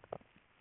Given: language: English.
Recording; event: throat vibration sensor signal played as sound; swallow